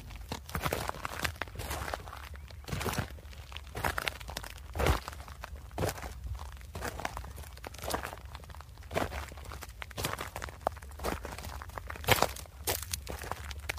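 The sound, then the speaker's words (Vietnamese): Heavy, slow human footsteps thud one after another in an underground tunnel, heard from afar through a stone door, each step a dull, crunching impact with a faint echo, the pace steady but uneven, with no voices. “Khu vực phía sau cửa đá này dường như rất vọng âm, tiếng bước chân tuy ở xa nhưng ghé tai qua cửa là nghe rõ một một, không lầm được, đúng là tiếng chân người đi, nghe rất nặng nề, như cả ngàn cân dậm xuống vậy.”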